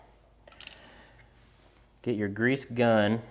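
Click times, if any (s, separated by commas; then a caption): 0.7 s. Needle-nose pliers pry the small plastic dust cap off the grease zerk fitting on the front fork pivot of a Janus 250, with faint scraping around 0.5 s and a sharp, short pop at 0.7 s as the cap comes off. Someone then talks from about 2.0 s onward.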